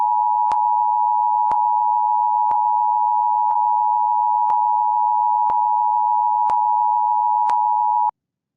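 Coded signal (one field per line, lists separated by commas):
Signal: Emergency Alert System (SAME) tones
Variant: 853 and 960 Hz attention tone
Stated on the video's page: Mock Amber Alert made with valid SAME tones that would trigger EAS equipment if broadcast.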